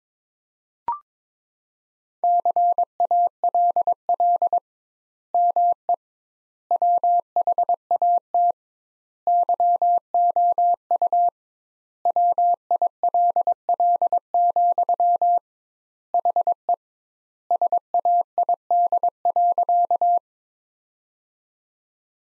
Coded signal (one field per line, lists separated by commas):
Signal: Morse code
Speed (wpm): 22 wpm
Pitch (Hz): 700 Hz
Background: none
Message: CALL ME WHAT YOU WILL, HE SAID.